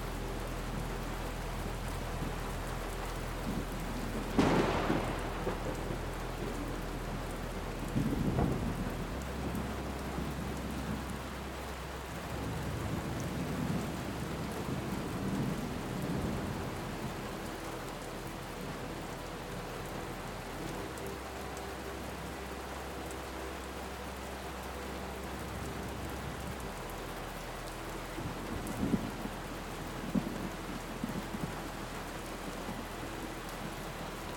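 Thunder rumbles low under steady rain, with a sharp crack near five seconds and softer rolls around sixteen and twenty-nine seconds.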